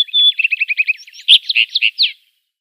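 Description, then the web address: Rufous-tailed rock thrush song phrase: a clear whistle, then a quick series of repeated chirping notes ending in louder, richer warbled syllables. "Schulze Peter Rufous-tailed Rock-Thrush song"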